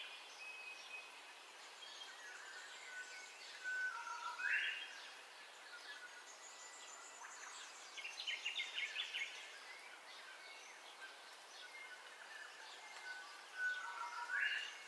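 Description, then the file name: Birds: dawn chorus of many birds, continuous chatter with two bright upslurred whistles and a busy burst of chirps around the middle. Dawn ambience of birdcalls, recorded in stereo. "AMBIENCE DAWN BIRDCALLS 04 STEREO"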